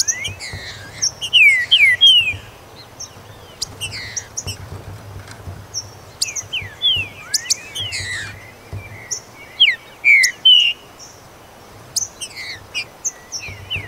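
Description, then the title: Green-winged saltator song: rich slurred whistled phrases, several falling and rising notes, given in bursts every few seconds, with sharp high ticks and chips in the background. "Trinca Ferro"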